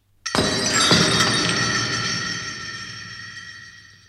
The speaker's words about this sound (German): Was war das? Hey? Der Lärm nebenan. Ich hab's gehört. Der Kronleuchter wahrscheinlich.